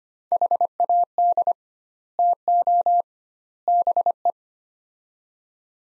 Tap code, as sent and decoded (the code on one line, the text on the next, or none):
none